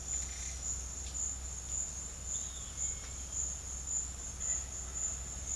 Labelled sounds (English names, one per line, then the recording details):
none
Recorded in pastures near Puerto Asís, Putumayo, Colombia, on 4 March 2025 at 10:00
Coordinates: 0.502, -76.324
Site GP07